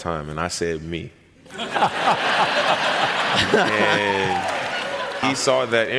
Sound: laughter

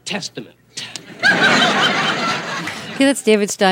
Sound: laughter

